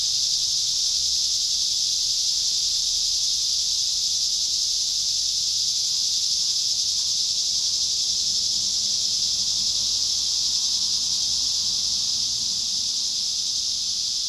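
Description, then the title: Cicadas in chorus, a dense steady high-pitched buzz that holds unbroken for the whole stretch with no pauses. Cicadas at Trinity. "neoscenes: cicadas at Trinity"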